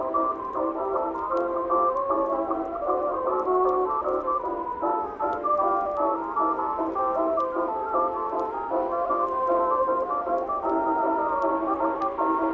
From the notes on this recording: oldies music playing softly from another room